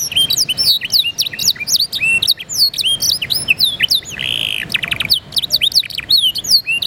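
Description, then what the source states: Green crown song, dense and varied: quick high slurred whistles tumble over one another, broken by a brief harsh buzzy note midway. Recorded in Purwokerto.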